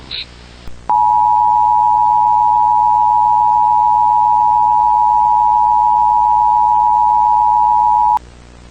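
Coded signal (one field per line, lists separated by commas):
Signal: Emergency Alert System (SAME) tones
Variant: 853 and 960 Hz attention tone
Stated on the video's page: Fictional EAS scenario in analog horror style; nothing really happened.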